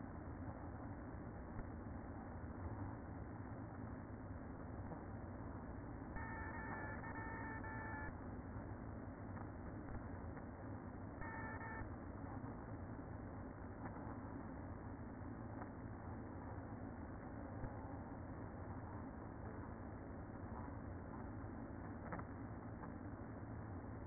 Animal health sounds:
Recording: honeybee colony, microphone inside the hive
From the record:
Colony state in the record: queen present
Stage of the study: after two queens were removed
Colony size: about 60,000 bees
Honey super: yes

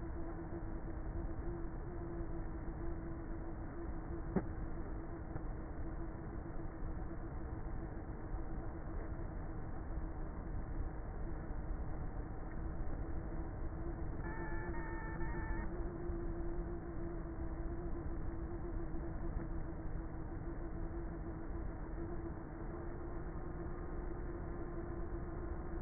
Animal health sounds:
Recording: honeybee colony, microphone inside the hive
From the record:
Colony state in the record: queenless with a low population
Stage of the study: before two queens were removed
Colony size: about 30,000 bees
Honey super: no

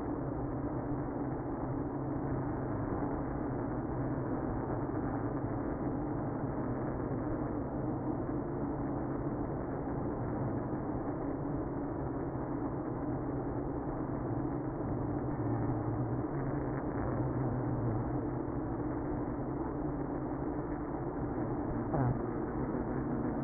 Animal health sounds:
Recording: honeybee colony, microphone inside the hive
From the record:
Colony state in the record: queenless (queen removed)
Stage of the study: after two queens were removed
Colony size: about 60,000 bees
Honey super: yes

